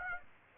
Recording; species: mosquito wingbeat signal from an infrared sensor; Aedes aegypti